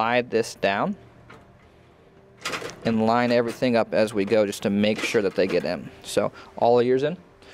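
Someone talks while a Dell PowerEdge R540 2U rackmount server is lowered so the rivets on its metal chassis drop into the notches of the extended inner sliding rails. A short knock is heard at 2.5 s. The server is seated firmly in the rack with nobody holding it, the rails still sticking out.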